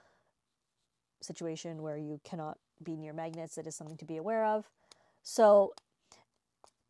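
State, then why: Seated. Someone talks, then the magnetic cap of a Montblanc M (RED) Signature fountain pen is put onto the pen body and pulled closed by its magnets. Two soft, quiet clicks come at 6.1 s and 6.6 s. The cap seats without a hard snap.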